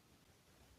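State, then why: Not seated. A hinged metal charm clasp is being handled onto a bracelet chain before it snaps shut. Only a steady low hiss with faint rustling is heard, with no snap or sudden sound. Nothing has seated or clicked yet.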